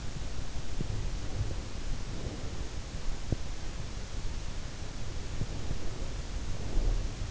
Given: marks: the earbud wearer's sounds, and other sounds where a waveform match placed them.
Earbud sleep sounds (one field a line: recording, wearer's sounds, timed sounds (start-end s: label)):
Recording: sounds in sleep by an in-ear microphone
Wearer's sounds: breath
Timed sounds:
1.07-2.67 s: breath
5.33-7.31 s: breath